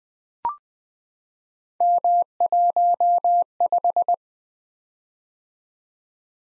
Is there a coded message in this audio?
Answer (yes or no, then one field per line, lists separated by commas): yes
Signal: Morse code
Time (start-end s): 1.8-4.1 s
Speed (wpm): 20 wpm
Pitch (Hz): 700 Hz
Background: none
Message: M15